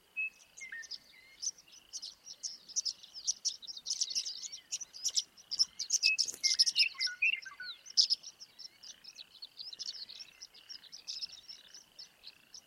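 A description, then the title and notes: Dusk on an open grassland, filled with a dense, continuous chorus of high, rapid frog-like trills and chirps. The calling swells busiest around the middle, where a few louder, lower sliding calls stand out, then settles to a steadier chatter. The Gloaming at Pawnee. This soundscape was captured May 21st, 2023 at Pawnee National Grassland.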